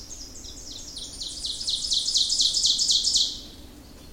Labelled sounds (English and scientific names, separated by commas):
Ovenbird (Seiurus aurocapilla) song